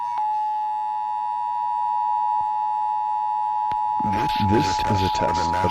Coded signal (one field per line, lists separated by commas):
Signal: Emergency Alert System (SAME) tones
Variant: 853 and 960 Hz attention tone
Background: speech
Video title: National EAS Test of 2018 - October 3rd. 2018